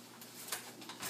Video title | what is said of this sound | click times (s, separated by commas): Pack n Play assembly instructions | Aiden's even give you directions as well all four corners you just pull up and it'll click | 0.5 s